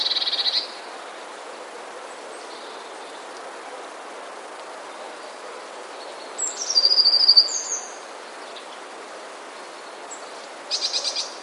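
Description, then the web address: Passerine chirps: short bursts of high chirping at the start, around seven seconds and again near the end, with a steady hiss in between. Dated 25 December 2009. "wroblowe teka mies 25 12 2009. wroblowe teka modraszkoteka"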